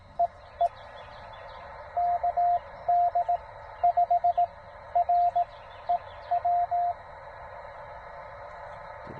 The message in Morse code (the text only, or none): EE KD5REW